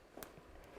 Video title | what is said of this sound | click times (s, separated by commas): Accents by Affinity Diamond Huggie 0.25 cttw Hoops Sterling Silver on QVC | of course but yeah this has got a post and it clicks into place you can literally hear it | 0.2 s